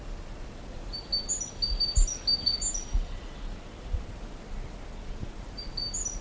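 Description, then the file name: Great tit calls: a run of high, sharp chirps from one to three seconds, then a brief return near the end, over steady low-pitched background rumble. "Parus major"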